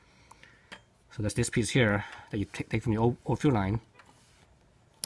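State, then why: Seated. Someone talks while holding a small plastic retainer piece taken from the old fuel line, during an NHX110 fuel pump install. The piece is pressed onto the new fuel line fitting of the fuel pump line, with a few faint ticks heard early on. It snaps into place with a sharp click at 5.0 s and is seated.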